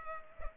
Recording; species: mosquito wingbeat signal from an infrared sensor; Culex pipiens